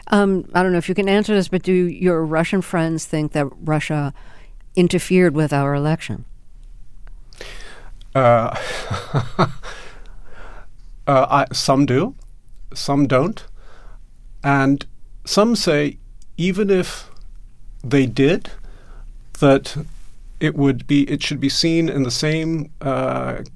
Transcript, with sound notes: I don't know if you can answer this, but do your Russian friends think that Russia interfered with our election?
(Laughter) Some do, some don't and some say even if they did that it would be - it should be seen in the same